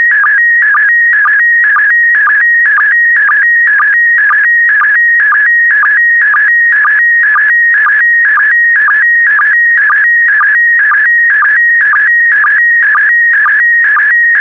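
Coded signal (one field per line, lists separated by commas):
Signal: SSTV (slow-scan television)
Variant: PD120 mode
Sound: warbling high tone, mostly steady, with a rapid rhythmic chirp about twice a second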